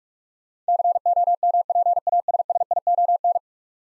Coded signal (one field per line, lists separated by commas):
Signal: Morse code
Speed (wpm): 46 wpm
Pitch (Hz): 700 Hz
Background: none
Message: COMPASSION